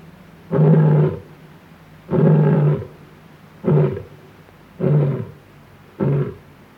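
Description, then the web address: Lion roaring in short, deep, rough grunts, five bursts at slightly uneven intervals, with a quiet background. Male lion roaring, recorded against a clean background. "Sound Effects-BBC Africa. male lion roaring with clean background"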